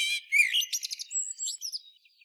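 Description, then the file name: Common blackbird song: a buzzy harmonic opening, a short mellow whistled note, then a rapid high squeaky twitter of separate chirps fading out. "Turdus merula"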